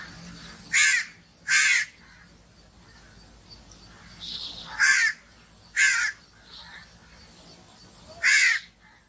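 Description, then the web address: Myna uttering single harsh, scratchy calls at uneven intervals, five in all, with quiet hiss between. "animal-sound myna-sound"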